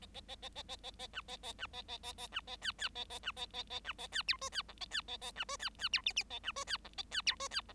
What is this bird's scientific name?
Lonchura striata domestica